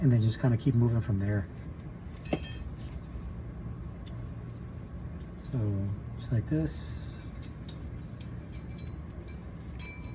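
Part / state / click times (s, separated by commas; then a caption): brake pad abutment clip into caliper bracket / not seated / none. A lower metal brake pad abutment clip is being handled against the caliper bracket on a 2006 Mitsubishi Eclipse front brake, but nothing has seated or clicked yet. Someone talks at the start and again around 5.5 to 6.7 seconds, with a sharp clink near 2.3 seconds and faint light metallic ticks later in the clip over a low background hum.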